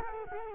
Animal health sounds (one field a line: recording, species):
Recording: mosquito wingbeat signal from an infrared sensor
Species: Culex quinquefasciatus